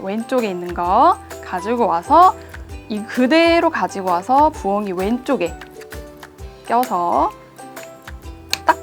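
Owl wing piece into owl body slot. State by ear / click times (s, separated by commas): seated / 8.5 s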